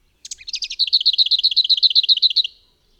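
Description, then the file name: Lesser whitethroat song: a couple of brief scratchy opening notes, then a fast, dry, even rattle of many notes on one pitch lasting about two seconds. "Piegza"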